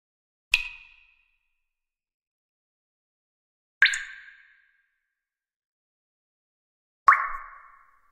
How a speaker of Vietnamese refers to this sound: Một thứ chất lỏng dinh dính không ngừng nhỏ xuống bên tai, thế gian vừa yên lặng vừa hỗn loạn. Không biết bao lâu sau, cuối cùng cái chất lỏng dinh dính kia cũng ngừng lại.